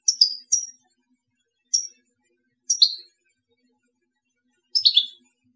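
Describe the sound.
European goldfinch giving short bright twittering notes, single or paired, spaced a second or more apart.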